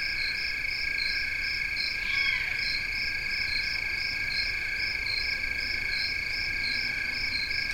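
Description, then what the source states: Layered cricket song: constant trills plus a pulsing chirp, with a faint falling owl begging call early on. Recorded 16 August 2021, 4:00-4:30 am; maybe three cricket species (Western trilling cricket, fall field cricket, a tree cricket), uncertain; hungry fledgling Great Horned Owls begging alongside.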